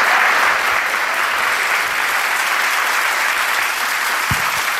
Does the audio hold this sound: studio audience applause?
yes